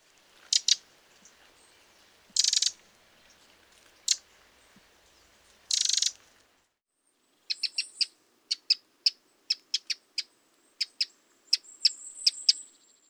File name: Troglodyte mignon